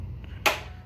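The head of an Admiral 12-inch sliding miter saw is pushed down, and its spring-loaded head lock pin engages the base automatically with a sharp snap at 0.5 s. The pin seats, holding the saw head locked in the down position.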